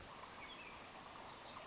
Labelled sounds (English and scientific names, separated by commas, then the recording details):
Pacific Wren (Troglodytes pacificus)
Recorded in Sonoma County, California